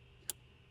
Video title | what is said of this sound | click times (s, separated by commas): Tesla Model 3 Highland Power Frunk Install: Complete Guide | And it snaps right in. | 0.3 s